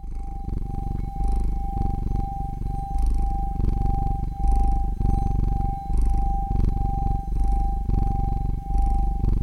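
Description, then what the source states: Cat purring in a steady low rumble, swelling with each breath roughly every second and a half, with a steady tone in the background. ASMR.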